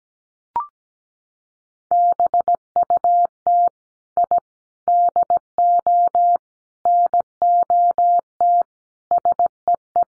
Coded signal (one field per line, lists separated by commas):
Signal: Morse code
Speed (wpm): 17 wpm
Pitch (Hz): 700 Hz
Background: none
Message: BUT I DO NOT SEE